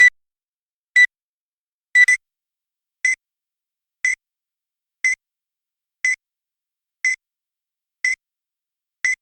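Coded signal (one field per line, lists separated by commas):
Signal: alarm pattern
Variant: CNC machine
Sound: a short, bright electronic beep repeating once a second, about ten times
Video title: Cnc Cycle Complete Beep Sound Effect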